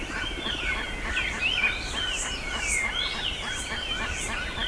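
Bird chorus of overlapping chirps and slurred whistles, with a few brighter notes standing out, steady throughout over background hiss.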